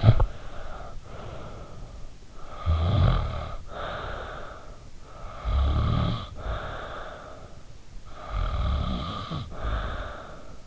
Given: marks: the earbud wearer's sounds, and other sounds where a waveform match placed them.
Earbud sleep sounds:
sounds in sleep by an in-ear microphone; snoring breath
0.00-2.20 s: snoring breath
2.42-4.85 s: snoring breath
5.02-7.71 s: snoring breath
8.05-10.67 s: snoring breath

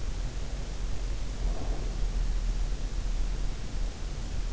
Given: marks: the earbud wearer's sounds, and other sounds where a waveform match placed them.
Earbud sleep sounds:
sounds in sleep by an in-ear microphone; breath
0.43-2.10 s: breath

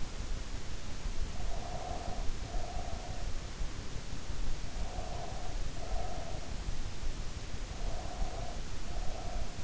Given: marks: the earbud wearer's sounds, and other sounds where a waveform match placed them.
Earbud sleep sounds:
sounds in sleep by an in-ear microphone; breath
1.29-3.33 s: breath
4.72-6.68 s: breath
7.75-9.64 s: breath

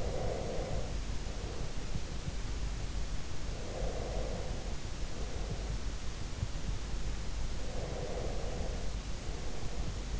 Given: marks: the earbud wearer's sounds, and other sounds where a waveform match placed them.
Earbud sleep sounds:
sounds in sleep by an in-ear microphone; breath
0.00-2.73 s: breath
3.57-5.85 s: breath
7.60-10.20 s: breath

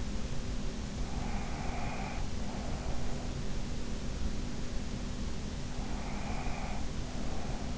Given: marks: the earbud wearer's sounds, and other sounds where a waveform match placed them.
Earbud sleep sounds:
sounds in sleep by an in-ear microphone; breath
0.98-3.43 s: breath
5.79-7.78 s: breath

